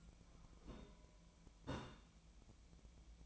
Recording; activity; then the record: daily activity, microphone in the room; take from stove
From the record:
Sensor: 1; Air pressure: 1010.1 hPa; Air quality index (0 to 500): 186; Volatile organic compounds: 16 ppm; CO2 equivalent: 2554 ppm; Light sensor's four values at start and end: 36/92/38/47 and 35/90/38/46